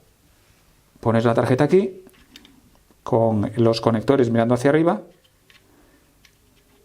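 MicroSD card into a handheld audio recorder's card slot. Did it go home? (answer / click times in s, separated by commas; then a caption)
yes / 6.2 s. A microSD memory card, contacts facing up, is slid into the card slot of a Zoom H1n handheld audio recorder and pushed until it clicks home at 6.2 s, leaving the recorder ready to use. Someone talks from about 1 to 5 s, followed by faint handling ticks before the quiet click.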